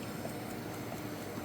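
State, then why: Not seated. The oil pump drive part of a Husqvarna 353 chainsaw is handled during reassembly of the bar-oil pump, with the saw having no oil reaching the bar. Only a steady, even broadband hiss with faint low rumble is heard, with no sharp sounds. Nothing has seated or clicked yet.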